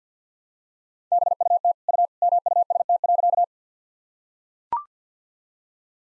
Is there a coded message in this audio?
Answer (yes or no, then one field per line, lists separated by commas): yes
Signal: Morse code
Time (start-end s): 1.1-3.4 s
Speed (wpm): 45 wpm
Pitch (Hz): 700 Hz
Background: none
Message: BUT U MUST.